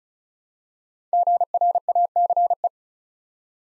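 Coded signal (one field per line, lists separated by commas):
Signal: Morse code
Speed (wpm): 36 wpm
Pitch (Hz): 700 Hz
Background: none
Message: GRACE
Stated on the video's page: Morse code practice at 35 wpm: 3- to 5-letter words built up one letter at a time, for instant character recognition training.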